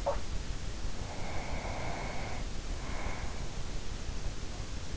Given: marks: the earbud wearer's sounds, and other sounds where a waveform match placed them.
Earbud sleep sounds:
sounds in sleep by an in-ear microphone; breath
0.00-0.53 s: sound from someone else or the room
1.01-3.66 s: breath

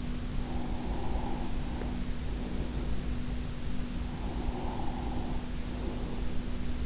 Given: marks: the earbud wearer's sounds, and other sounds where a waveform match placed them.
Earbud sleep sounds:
sounds in sleep by an in-ear microphone; breath
0.37-2.91 s: breath
3.87-6.86 s: breath

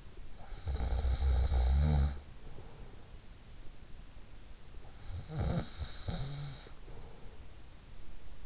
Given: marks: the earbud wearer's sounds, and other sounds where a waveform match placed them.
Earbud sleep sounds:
sounds in sleep by an in-ear microphone; snoring breath
0.00-3.19 s: snoring breath
4.81-7.48 s: snoring breath

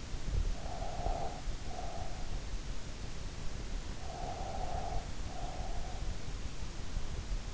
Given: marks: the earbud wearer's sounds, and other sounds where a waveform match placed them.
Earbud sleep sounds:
sounds in sleep by an in-ear microphone; breath
0.00-2.07 s: breath
4.02-6.08 s: breath

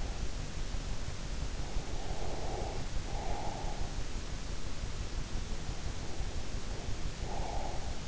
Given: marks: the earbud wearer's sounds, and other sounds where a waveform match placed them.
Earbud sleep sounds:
sounds in sleep by an in-ear microphone; breath
2.02-4.04 s: breath
5.85-8.07 s: breath

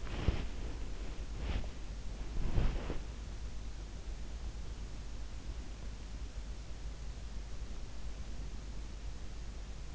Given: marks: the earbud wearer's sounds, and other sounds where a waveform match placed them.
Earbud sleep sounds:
sounds in sleep by an in-ear microphone; body movement
0.00-3.24 s: body movement

